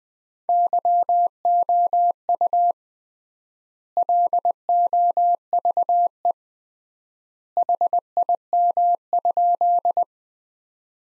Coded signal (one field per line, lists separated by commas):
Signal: Morse code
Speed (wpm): 20 wpm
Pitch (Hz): 700 Hz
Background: none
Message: YOU LOVE HIM?